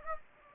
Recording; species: mosquito wingbeat signal from an infrared sensor; Anopheles gambiae